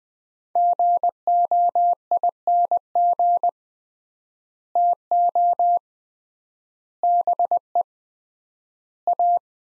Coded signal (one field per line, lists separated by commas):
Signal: Morse code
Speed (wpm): 20 wpm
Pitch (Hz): 700 Hz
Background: none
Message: GOING TO BE A